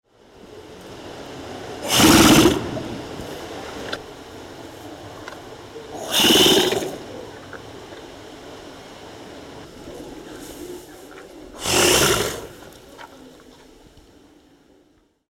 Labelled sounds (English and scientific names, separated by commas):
Pygmy Hippopotamus (Hexaprotodon liberiensis)